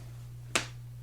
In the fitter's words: see them lock into place so if you're you know going from one room to the next and you want to take your bag with you and